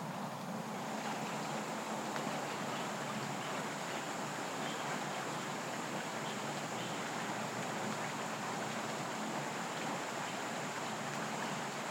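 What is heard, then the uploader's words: A bubbling stream rushes on without pause, a dense, steady wash of water noise that stays at an even level throughout. A thin, constant high buzz, like insects, runs above it, with a faint low hum underneath. West Michigan Woods and Stream.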